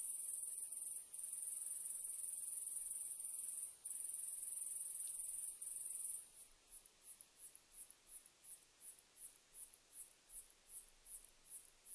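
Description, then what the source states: Japanese katydid song: a very high continuous buzzing drone with brief breaks, changing after six seconds into rapid, evenly spaced short buzzy pulses. Recorded 15 July 2004.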